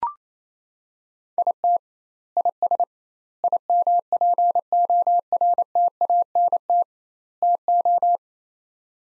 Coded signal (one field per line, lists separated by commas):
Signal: Morse code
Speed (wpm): 28 wpm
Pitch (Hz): 700 Hz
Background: none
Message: IT IS IMPORTANT TO